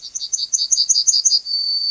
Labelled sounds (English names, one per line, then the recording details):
Yellowhammer song
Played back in grassland
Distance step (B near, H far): B
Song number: 139